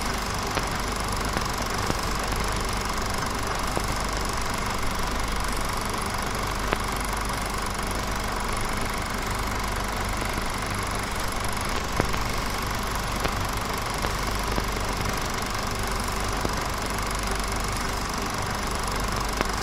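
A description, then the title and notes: An old film projector runs steadily, its motor giving a dense, unchanging whir with a low rumble underneath and a bright hiss on top. Faint rapid clicking from the mechanism ticks throughout, with a few sharper ticks, the loudest near twelve seconds. Old Film Projector - Rome, Italy.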